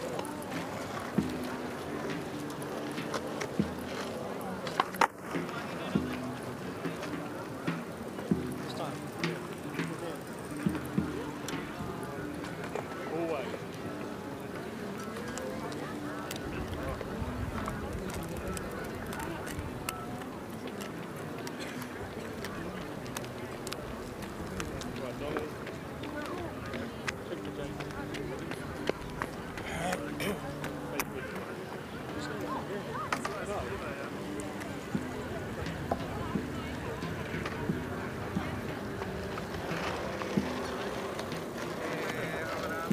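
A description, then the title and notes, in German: Hundreds of people go about their activities on a wide open field in a city, heard as a dense, steady wash of overlapping voices and chatter. Occasional sharper knocks and footsteps stand out, with a faint low hum of traffic underneath. Diese Folge wurde auf der Tempelhofer Freiheit in Berlin aufgenommen. Hunderte Menschen gehen ihren Beschäftigungen nach. Vorbeiziehende spazierende Menschen geben kurze Gesprächsfetzen.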